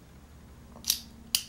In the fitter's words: like that. And you hear it twice click.